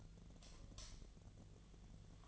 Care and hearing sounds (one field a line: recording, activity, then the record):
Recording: daily activity, microphone in the room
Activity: light off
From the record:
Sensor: 4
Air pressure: 1010.7 hPa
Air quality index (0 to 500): 175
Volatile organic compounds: 5 ppm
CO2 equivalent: 1773 ppm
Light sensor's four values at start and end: 36/106/42/42 and 36/105/41/42